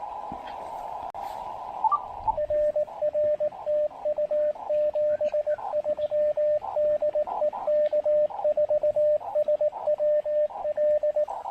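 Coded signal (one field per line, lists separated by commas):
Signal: Morse code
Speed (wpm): 19 wpm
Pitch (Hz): 600 Hz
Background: radio noise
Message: RR TU 73 DE K4SWL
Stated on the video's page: QRP activation at a state forest using an Elecraft KX2 with AX1 antenna.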